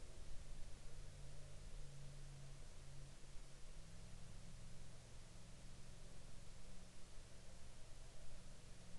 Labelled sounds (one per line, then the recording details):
near silence
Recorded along the Dempster Highway, Canada, on 27 April 2019 at 17:11
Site 21